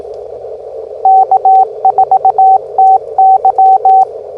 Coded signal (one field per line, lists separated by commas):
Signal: Morse code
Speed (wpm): 18 wpm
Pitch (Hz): 760 Hz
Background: radio noise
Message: K4TY